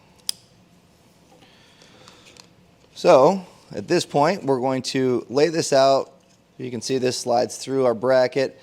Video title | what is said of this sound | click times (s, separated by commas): Curt 5th Wheel/Gooseneck Custom Wiring Harness Installation - 2020 Chevrolet Silverado 2500 | And now we'll just take this, line it up with the snap, and push that in until it clicks. | 0.3 s